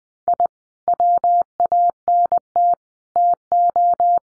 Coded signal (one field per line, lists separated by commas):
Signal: Morse code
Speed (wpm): 20 wpm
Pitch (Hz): 700 Hz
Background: none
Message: I WANT TO